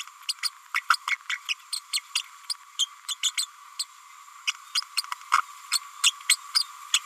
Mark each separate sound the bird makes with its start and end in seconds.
0.28-0.34, 0.74-0.82, 0.90-0.97, 1.07-1.16, 1.29-1.38, 1.48-1.54, 1.72-1.80, 1.93-2.00, 2.15-2.22, 2.79-2.85, 3.08-3.15, 3.23-3.31, 3.37-3.46, 3.79-3.85, 4.47-4.53, 4.75-4.80, 5.31-5.41, 5.71-5.79, 6.03-6.10, 6.28-6.37, 6.54-6.63, 6.93-7.00